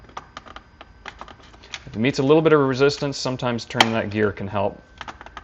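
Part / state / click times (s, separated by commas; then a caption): drive bracket into valve back plate / not seated / none. A plastic drive bracket of a Clack water softener control valve is handled against the valve's back plate, where it must be pushed on until it snaps, with the gear turned to help if it resists. Light sharp taps and clicks of handling are heard at the start and end while someone talks in between. Nothing has seated or clicked into place yet.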